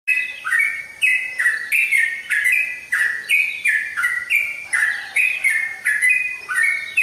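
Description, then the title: Oriental magpie-robin song: loud whistled notes stepping between high and middle pitch, delivered in quick repeated phrases with brief sharp attacks, continuing steadily throughout. "Kicau Kacer"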